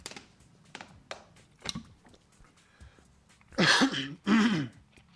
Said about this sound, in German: Huste ich da auch noch in die Aufnahme. Ja, das macht nichts.